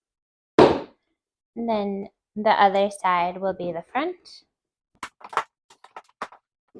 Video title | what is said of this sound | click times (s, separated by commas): Best Way to Organize Shoes - Shoe Storage Solution Assembly & Demo | and you hear it click like so | 0.6 s